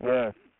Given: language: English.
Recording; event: throat vibration sensor signal played as sound; speech